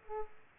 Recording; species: mosquito wingbeat signal from an infrared sensor; Aedes aegypti